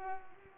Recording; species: mosquito wingbeat signal from an infrared sensor; Culex pipiens